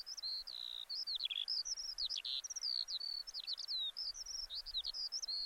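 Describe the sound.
Bird calls: a fast run of high, sharp chirps and short slurred whistles, some rising and some falling, packed closely together with brief pauses, over faint background hiss.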